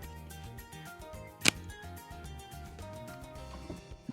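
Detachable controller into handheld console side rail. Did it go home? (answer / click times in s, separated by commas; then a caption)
yes / 1.5 s. A magnetic detachable controller is attached again to the side rail of a handheld console, and it clicks into place. A single sharp click sounds at 1.5 s over steady background music, and the controller is seated.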